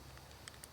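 A metal Cobra-style buckle on the leg strap of a Cruzr hunting saddle is brought up and pushed into its receiver. Over a low steady background, a faint soft sound comes first, then two sharp, bright clicks at 0.5 s and 0.6 s as the buckle seats.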